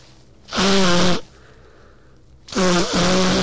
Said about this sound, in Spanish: Y vais a sentir ahora un estornudo bestial, porque tengo una cantidad de mocos, yo no sé dónde salieron tantos mocos, pero ahí a ver.